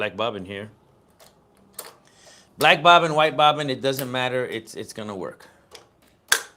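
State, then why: Seated. A bobbin is pushed into the bobbin holder of an embroidery machine while someone talks. The talk pauses, and a sharp click at 6.3 s shows the bobbin snapping into place, seated.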